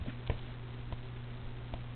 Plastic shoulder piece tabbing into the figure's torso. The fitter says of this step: Or you can just hear it click.